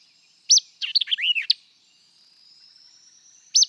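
White-eyed vireo singing one quick, sharp phrase of chips and slurred whistles, then a faint steady hiss before a single crisp note begins again.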